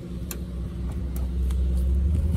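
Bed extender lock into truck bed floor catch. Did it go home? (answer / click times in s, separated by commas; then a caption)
yes / 0.3 s. A hand pushes the locking piece of a '17 Frontier's folded-out metal bed extender down into the catch in the floor of its five-foot bed, so the extender stays down and won't move in the breeze. A sharp click is heard at 0.3 s as the lock latches into place, with fainter ticks at 1.2 s and 1.5 s, over a low vehicle rumble that slowly grows louder.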